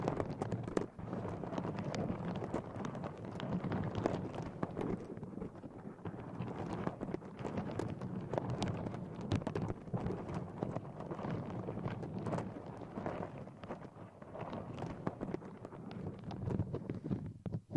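Nails scratch and tap against microphone covers in a dense, continuous flurry of rough, crackly strokes. Low rumbly scraping dominates, broken by frequent sharp ticks that flash brighter, with the texture shifting slightly as the strokes change but never pausing for long.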